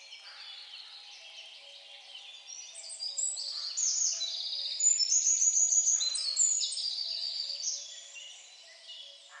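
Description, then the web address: Bird calls: high-pitched chirping and trilled phrases that swell in the middle and fade at the end. "Deverinetal 2025 File origin Bird Only"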